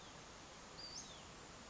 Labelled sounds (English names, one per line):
Western Flycatcher